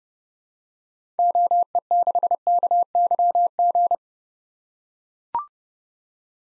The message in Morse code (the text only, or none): OE6KYG